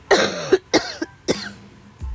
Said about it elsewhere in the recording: She's still sick and coughing. I turn the other way and I cover up my mouth.